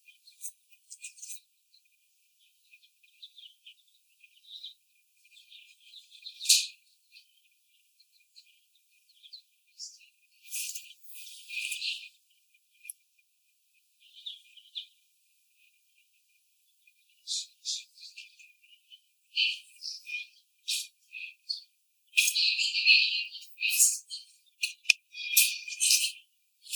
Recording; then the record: young laying hens in a cage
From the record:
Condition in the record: before the stressor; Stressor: sudden umbrella opening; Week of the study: 1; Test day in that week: 1